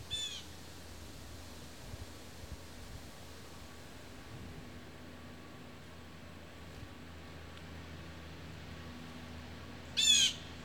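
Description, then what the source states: Blue jay giving two harsh squawks, one at the very start and one near the end, separated by long stretches of quiet wind noise. Recorded in autumn, October, in wind.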